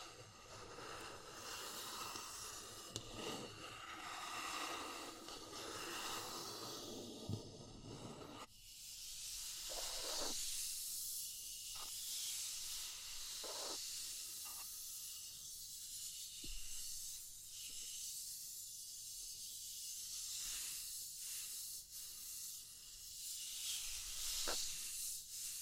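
Wood, bamboo and straw rustle in a steady hiss with a brief drop near eight seconds, punctuated by sharp taps every few seconds.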